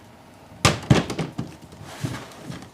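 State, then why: Seated. A plastic stackable portable tool-kit case is pressed down onto another stackable case until the two lock together. A sharp click lands at 0.6 s, followed by a few softer knocks and rattles over the next second as the cases settle. The modules are seated, clicked together.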